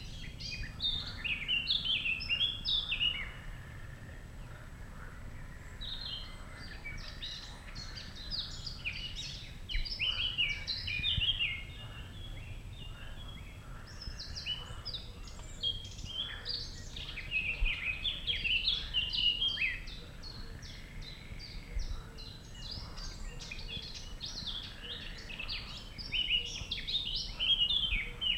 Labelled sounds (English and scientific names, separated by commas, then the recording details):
Eurasian Blackcap (Sylvia atricapilla) song
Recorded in the wild
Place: Schielleiten, Steiermark, AT
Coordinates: 47.2276, 15.8273
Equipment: Uher 4000
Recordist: Brunner, Thomas
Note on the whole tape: Mönchsgrasmücke, Gesang. 10. und 11. Juni 1968